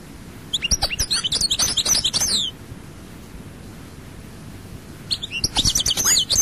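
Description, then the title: European goldfinch song: a two-second burst of high, rapid twittering notes, a long quiet gap, then a fresh phrase of liquid tinkling twitters. "Chant Chardonneret"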